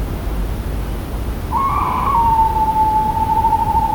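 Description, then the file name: Tawny owl hooting: a brief rough burst, then one long, steady, slightly falling note that carries on to the end, over low rumbling background noise. "Strix aluco - Tawny Owl"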